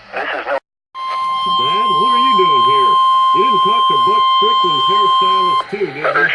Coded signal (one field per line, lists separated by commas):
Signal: Emergency Alert System (SAME) tones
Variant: 1050 Hz attention tone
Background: speech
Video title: Alerts Recorded since January 12 (EAS #1,611 - 1,632) READ DESCRIPTION